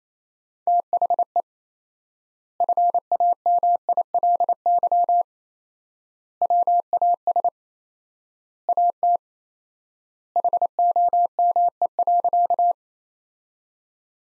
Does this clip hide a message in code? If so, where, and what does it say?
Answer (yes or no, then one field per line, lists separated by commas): yes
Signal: Morse code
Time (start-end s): 0.7-12.7 s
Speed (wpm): 28 wpm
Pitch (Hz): 700 Hz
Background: none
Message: THE FAMILY WAS AT HOME.